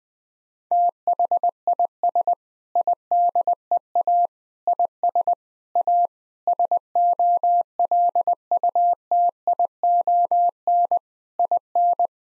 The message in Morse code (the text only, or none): THIS IDEA IS A SOLUTION IN